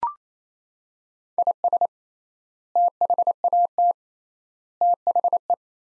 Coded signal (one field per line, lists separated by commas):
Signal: Morse code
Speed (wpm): 28 wpm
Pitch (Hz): 700 Hz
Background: none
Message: IS THAT THE